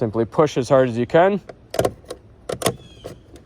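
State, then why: Seated. Replacement side mirror glass for a Chevy Equinox/GMC Terrain is lined up on its four corners and pushed hard onto the mirror motor backing in the door mirror housing. Someone talks at the start. Sharp snaps are heard at 1.7 s and 2.6 s as the glass clicks into place and is seated.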